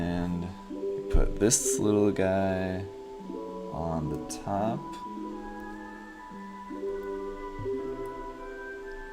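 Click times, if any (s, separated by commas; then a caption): none. A small plastic piece is handled and brought to the top of a folded assembly on a PG Gundam Unicorn 03 Phenex model kit while someone talks over background music. The part has not yet seated or clicked into place by the end of the clip.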